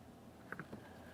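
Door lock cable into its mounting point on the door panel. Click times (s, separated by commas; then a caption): 0.5 s. A door lock cable on a 2004–2015 Nissan Titan is swung over and snapped into its plastic mounting point on the door panel, and it clicks at 0.5 s. A second, slightly softer click follows at about 0.6 s over a steady low background hum. The cable is seated and secured in its mount.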